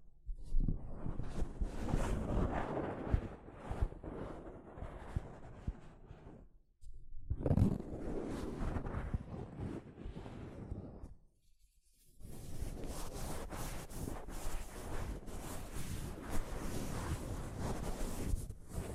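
Soft fabric brushes against a microphone in rough, rumbling sweeps, heavy in the low end with fizzy scraping on top. The rubbing stops briefly near 7 seconds and again around 11 to 12 seconds, then resumes denser and brighter through the end.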